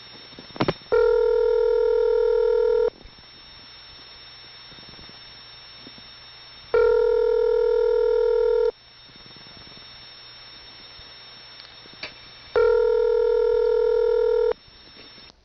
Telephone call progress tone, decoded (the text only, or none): ringback tone